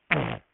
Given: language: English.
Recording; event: throat vibration sensor signal played as sound; throat clearing